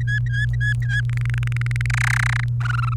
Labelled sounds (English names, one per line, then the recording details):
Domestic Canary song
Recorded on 28 April 2018 at 14:30
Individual llb3